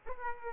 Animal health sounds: mosquito wingbeat signal from an infrared sensor; Aedes aegypti

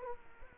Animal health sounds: mosquito wingbeat signal from an infrared sensor; Culex quinquefasciatus

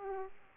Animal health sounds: mosquito wingbeat signal from an infrared sensor; Aedes aegypti

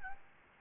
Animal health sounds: mosquito wingbeat signal from an infrared sensor; Aedes albopictus

